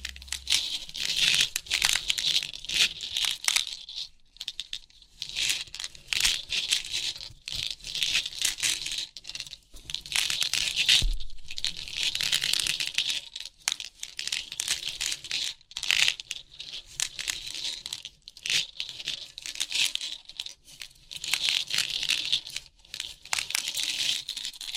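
Crisp pin art sounds: dense, bright clicking and rattling as many small metal pins shift and slide. The clatter comes in busy bursts a few seconds long, separated by brief quieter gaps, and continues throughout with little low sound beneath it.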